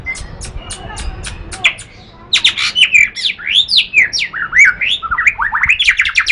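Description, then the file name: White-rumped shama singing a fast, varied series of looping whistles and rising slurs after several sharp clicking ticks at the start. Song, Lhokseumawe. "kicau murai batu matrix pawang bc lhokseumawe"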